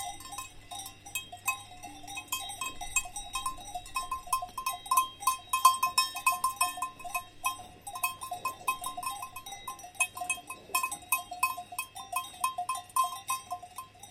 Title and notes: The curious cows of Valle Pramper. On a walk in the Dolomites at Valle Pramper, we record cows feeding, with the clank of their cow bells. Recorded by Cities and Memory